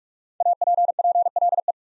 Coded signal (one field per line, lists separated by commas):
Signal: Morse code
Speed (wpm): 44 wpm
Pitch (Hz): 700 Hz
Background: none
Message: APPLE